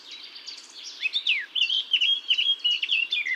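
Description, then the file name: Eurasian blackcap song: a soft start building into a continuous, jumbled warble of high, slurred and chattering notes. "Sylvia atricapilla"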